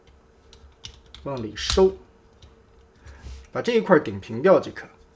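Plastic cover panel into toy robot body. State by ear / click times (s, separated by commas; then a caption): not seated / none. A plastic cover panel is handled on a vintage Diaclone diamond-version transforming robot toy during transformation; the cover has two clear, hooked bumps on its edge that lock firmly once snapped on. Someone talks over a few faint, short plastic ticks and handling sounds. Nothing has seated or clicked yet; the cover is not yet home when the clip ends.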